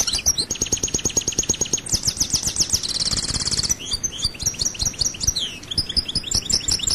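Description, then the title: European goldfinch song: a steady fast trill of repeated notes, a buzzy passage, then varied twittering phrases. "Chant Chardonneret"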